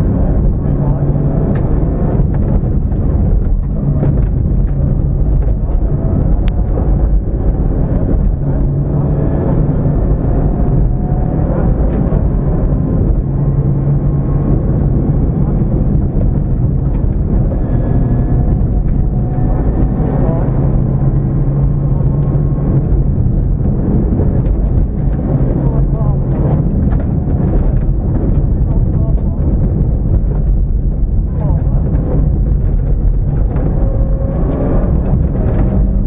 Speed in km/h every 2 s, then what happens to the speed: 108, 74, 81, 98, 109, 124, 135, 135, 114, 122, 130, 122, 121, 118, 89, 55, 45, 50.
0-2 brakes to 74. 3-12 speeds up to 135. 14-16 brakes to 114. 16-21 speeds up to 130. 21-32 brakes to 45.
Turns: 29-36.